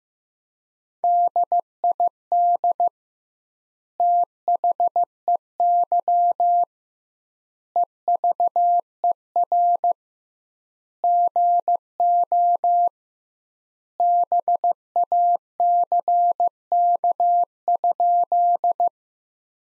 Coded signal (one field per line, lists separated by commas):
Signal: Morse code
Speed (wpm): 15 wpm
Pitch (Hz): 700 Hz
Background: none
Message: DID THEY EVER GO BACK?